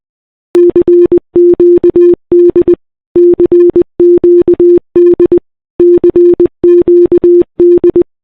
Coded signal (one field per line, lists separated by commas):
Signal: Morse code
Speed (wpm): 20 wpm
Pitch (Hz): 350 Hz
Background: none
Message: CQD CQD CQD